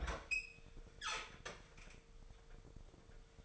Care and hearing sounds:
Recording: daily activity, microphone in the room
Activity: open fridge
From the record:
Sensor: 5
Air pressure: 1015.0 hPa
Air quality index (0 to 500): 189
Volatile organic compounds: 8 ppm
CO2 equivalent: 2078 ppm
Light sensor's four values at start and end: 84/196/85/94 and 77/177/76/84

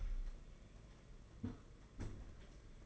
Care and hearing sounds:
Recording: daily activity, microphone in the room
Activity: close fridge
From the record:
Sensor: 4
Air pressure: 992.7 hPa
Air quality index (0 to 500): 166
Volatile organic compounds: 220 ppm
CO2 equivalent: 4276 ppm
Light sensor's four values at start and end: 18/60/22/23 and 18/61/23/24

